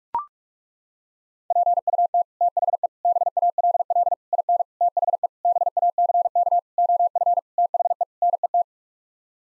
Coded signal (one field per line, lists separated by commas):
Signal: Morse code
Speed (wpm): 42 wpm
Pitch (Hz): 700 Hz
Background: none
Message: PUT THE BALL IN THE BACK OF THE NET